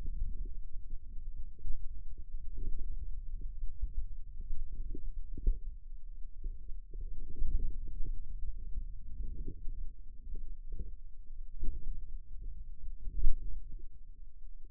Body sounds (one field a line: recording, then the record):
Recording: forearm muscle sounds (acoustic myography)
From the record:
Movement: finger pinch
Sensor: system 2, bracelet of six BSWA MPA416 microphones around the upper forearm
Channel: 5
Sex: male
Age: 22 years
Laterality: right